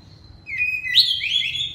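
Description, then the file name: Oriental magpie-robin giving a drawn-out whistle that slides up and holds, bright and clear after a brief quiet start. Loud song in the ngeplong style. "suara kacer ngeplong keras"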